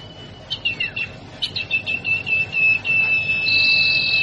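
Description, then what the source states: Sirtu calling a quick series of short chipping notes that run into one long, steady whistle held to the end. Masteran training song for cage birds, with the full range of song variations.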